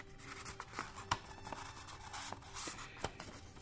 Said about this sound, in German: Ich rolle das Stück Papier zusammen.